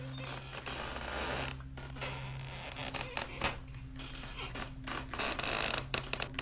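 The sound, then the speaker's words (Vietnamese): Continuous rough clawing and scraping with irregular bursts, occasional creaks and clattering knocks, layered over a steady low hum of buzzing flies, moderately loud throughout with no voices. “Bên tai của ả lẫn trong tiếng soàn soạt cào khôn nguôi cùng với tiếng lộc cộc và ruồi nhặng vo ve, còn có cả tiếng gió rít ù ù bên ngoài khe cửa.”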